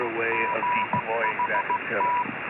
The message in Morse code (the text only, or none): GHT